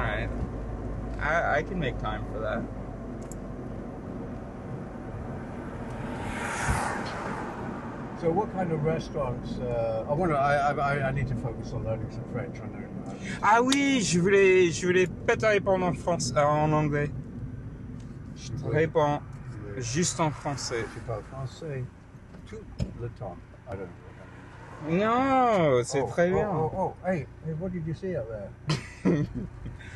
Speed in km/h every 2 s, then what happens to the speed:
32, 28, 28, 26, 25, 23, 23, 19, 13, 6, 2, 0, 0, 0, 0.
0-20 slows to 2. 20-30 standing.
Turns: none.